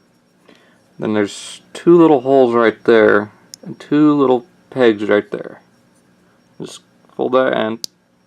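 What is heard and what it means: Someone talks while handling a Transformer figure's plastic weapon, folding it and lining up its tab with the toy weapon's slot. A faint brief sound comes at about 0.5 s. Nothing has seated or clicked yet when the clip ends.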